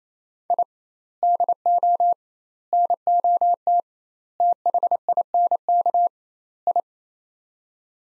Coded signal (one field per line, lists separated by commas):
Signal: Morse code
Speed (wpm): 28 wpm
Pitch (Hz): 700 Hz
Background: none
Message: I DO NOT THINK I